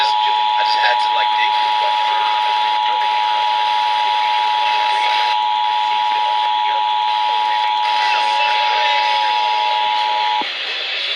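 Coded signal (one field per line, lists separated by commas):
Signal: Emergency Alert System (SAME) tones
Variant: 853 and 960 Hz attention tone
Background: speech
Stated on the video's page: Real EAS thunderstorm alerts.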